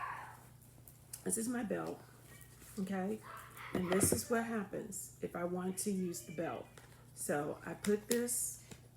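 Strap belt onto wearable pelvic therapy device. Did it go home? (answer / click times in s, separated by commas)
no / none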